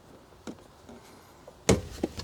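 While routing a dashcam hardwire cable in a 2025 Honda Pilot, a plastic interior trim panel is pushed back into place against the car's interior body. After a few faint taps, a loud, sharp snap at 1.7 s marks the clips seating, followed by a softer tap. The panel snaps back in and is seated.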